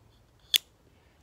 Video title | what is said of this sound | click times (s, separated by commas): Origin knives sharpening system | But once this goes on, you can hear it click in there. | 0.6 s